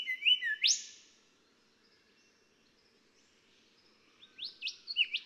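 Golden whistler song opening with strong whistles and a rising whip note, a quiet pause, then another series of sharp whistled notes.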